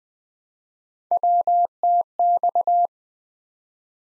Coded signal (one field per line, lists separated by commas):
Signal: Morse code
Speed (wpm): 20 wpm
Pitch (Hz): 700 Hz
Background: none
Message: WTX